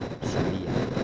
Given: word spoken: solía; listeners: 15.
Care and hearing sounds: one Spanish word in noise, from a listening test; noise modulated by three-talker babble; -7.3 dB; 1 of 15; 13 of 15; 0.64 s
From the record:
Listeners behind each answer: 13, 1, 1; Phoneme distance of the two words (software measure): 20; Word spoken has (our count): 3 syllables, 5 phonemes, stress on syllable 2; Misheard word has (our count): 3 syllables, 5 phonemes, stress on syllable 2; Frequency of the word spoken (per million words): 20.59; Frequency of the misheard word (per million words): 8.52

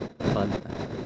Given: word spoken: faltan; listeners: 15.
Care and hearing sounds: one Spanish word in noise, from a listening test; noise modulated by three-talker babble; -3.8 dB; 0 of 15; 9 of 15; 0.66 s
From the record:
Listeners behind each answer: 9, 2, 1, 1, 1, 1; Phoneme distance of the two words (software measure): 7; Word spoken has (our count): 2 syllables, 6 phonemes, stress on syllable 1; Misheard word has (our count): 2 syllables, 5 phonemes, stress on syllable 1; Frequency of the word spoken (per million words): 19.53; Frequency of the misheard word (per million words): 243.81

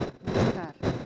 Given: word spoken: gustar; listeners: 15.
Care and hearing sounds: one Spanish word in noise, from a listening test; noise modulated by one talker; -12.8 dB; 5 of 15; 7 of 15; 0.66 s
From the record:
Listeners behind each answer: 7, 5, 2, 1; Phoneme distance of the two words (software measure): 20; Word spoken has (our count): 2 syllables, 6 phonemes, stress on syllable 2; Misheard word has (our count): 2 syllables, 6 phonemes, stress on syllable 2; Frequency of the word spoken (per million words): 4.20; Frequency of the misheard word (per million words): 92.75

